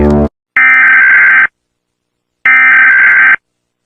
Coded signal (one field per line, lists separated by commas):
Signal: Emergency Alert System (SAME) tones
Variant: header bursts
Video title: World war Heaven( EAS Scenario)